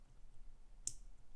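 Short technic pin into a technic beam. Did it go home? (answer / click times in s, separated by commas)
yes / 0.9 s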